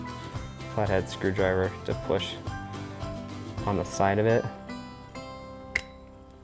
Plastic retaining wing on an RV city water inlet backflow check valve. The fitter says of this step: until it clicks like that